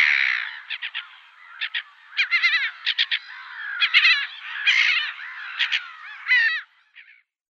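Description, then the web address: Black-headed Gull with a mix of harsh screeching notes and short clipped calls in irregular bursts, ending in quiet. "Schulze Peter Black-headed Gull"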